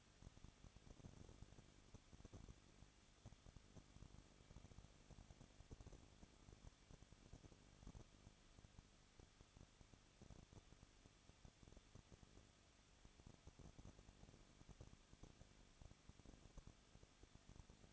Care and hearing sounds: daily activity, microphone in the room; no activity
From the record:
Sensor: 4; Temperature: 23.1 degrees Celsius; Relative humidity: 34.1%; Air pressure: 1007.3 hPa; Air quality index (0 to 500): 215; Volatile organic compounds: 14 ppm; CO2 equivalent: 2475 ppm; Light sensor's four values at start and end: 2/3/1/1 and 2/3/1/1

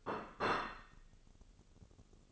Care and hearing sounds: daily activity, microphone in the room; place plate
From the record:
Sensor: 4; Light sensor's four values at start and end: 13/36/13/13 and 13/36/13/13

